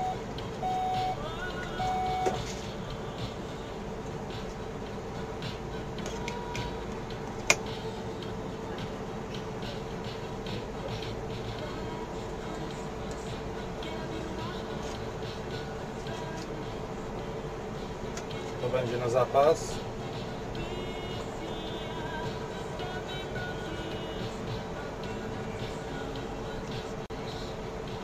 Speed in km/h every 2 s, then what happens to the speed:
13, 13, 16, 17, 20, 23, 24, 24, 25, 26, 26, 27, 26, 24.
0-11 speeds up to 24. 11-28 steady at about 25.